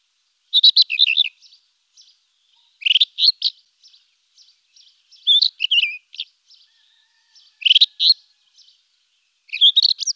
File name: rufous bush robin